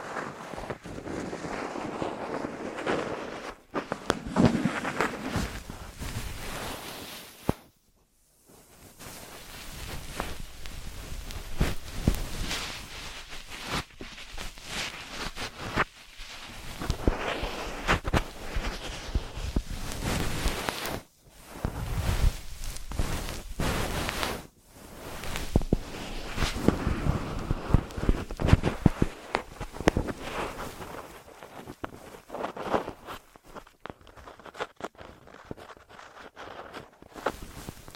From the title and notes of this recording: ASMR 3Dio FS Pro II Mic Test Ear Massage, Cleaning etc (No Talking).